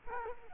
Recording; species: mosquito wingbeat signal from an infrared sensor; Culex quinquefasciatus